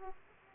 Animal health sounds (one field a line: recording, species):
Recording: mosquito wingbeat signal from an infrared sensor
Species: Aedes aegypti